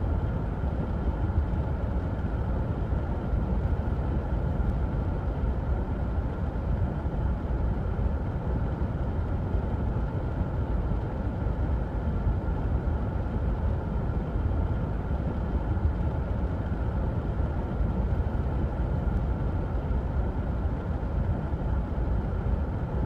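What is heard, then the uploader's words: A car vent blows cool air in a steady, unbroken rush for the whole stretch. The sound sits low and full, with a deep rumble beneath a soft hiss and a faint hum in the middle, holding the same level from start to finish. The Cooling Car Vent (12 Hour White Noise).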